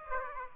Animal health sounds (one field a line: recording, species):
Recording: mosquito wingbeat signal from an infrared sensor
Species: Aedes aegypti